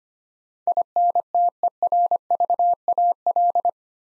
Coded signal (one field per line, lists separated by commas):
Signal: Morse code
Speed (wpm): 25 wpm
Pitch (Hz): 700 Hz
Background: none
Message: INTERVAL